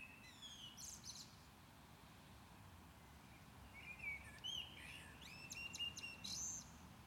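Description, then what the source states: Common blackbird song: a brief high twitter, a pause of several seconds, then a longer phrase of mellow whistles and sharp squeaky notes, with background noise. Recorded at Maindy.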